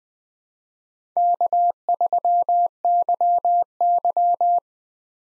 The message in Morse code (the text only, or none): K3YY